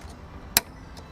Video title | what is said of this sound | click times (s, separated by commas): Installing Corvette C8 Carbon Fiber Engine Cover! (DIY Guide) | that's it pretty obvious you can hear that and so this is nice and secure | 0.6 s